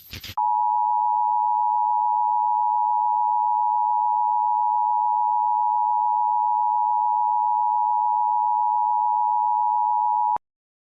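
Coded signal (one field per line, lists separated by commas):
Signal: Emergency Alert System (SAME) tones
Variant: 853 and 960 Hz attention tone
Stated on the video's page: Custom prank UK nuclear attack EAS scenario using valid EAS tones.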